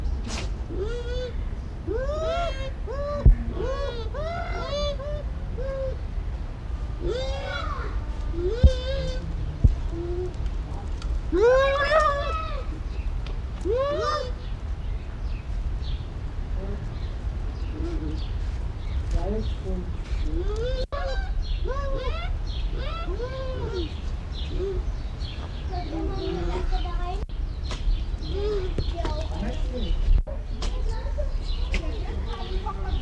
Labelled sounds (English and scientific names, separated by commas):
Bush Dog (Speothos venaticus)